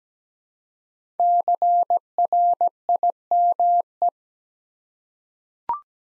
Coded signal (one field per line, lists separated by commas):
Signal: Morse code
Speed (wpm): 17 wpm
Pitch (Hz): 700 Hz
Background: none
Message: CRIME